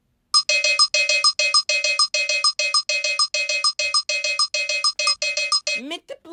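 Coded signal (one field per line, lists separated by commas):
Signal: none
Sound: phone ringtone melody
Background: speech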